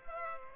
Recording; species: mosquito wingbeat signal from an infrared sensor; Culex pipiens